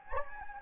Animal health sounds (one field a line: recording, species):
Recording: mosquito wingbeat signal from an infrared sensor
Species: Anopheles gambiae